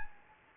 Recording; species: mosquito wingbeat signal from an infrared sensor; Anopheles gambiae